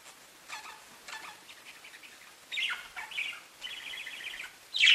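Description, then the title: Budgerigar chatter with faint chirps, then a buzzy, rapid warbled trill and a final loud sharp squeak. "Budgie Sounds"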